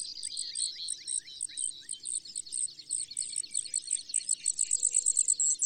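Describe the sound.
Brewer's sparrow giving a thin, high series of trilled notes that quickens toward the end, over a soft, steady background of other high trilling.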